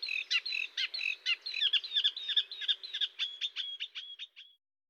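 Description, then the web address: Eurasian reed warbler song, quick repeated chattering notes that run on and then stop, leaving silence at the end. "IVN Zangvogels 28-Kleine Karekiet"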